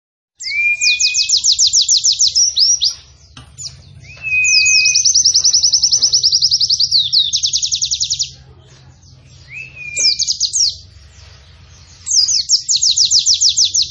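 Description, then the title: White-eye pouring out long fast trills of high repeated notes, broken by pauses and short rising whistles, the trills resuming several times. Bird singing actively (gacor), giving long continuous bursts (nembak panjang) in a canary-like song style (kenarian). "Pleci Gacor. Pleci Nembak Panjang Istimewa Full Kenarian"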